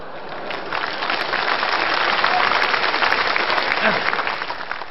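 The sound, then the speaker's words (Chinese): A crowd applauds steadily for about five seconds, a dense, even wash of clapping with no pauses, holding at a fairly loud level throughout. “当然了，我是一个有良心的人，我不能白让您鼓掌，我得有一番心意啊。”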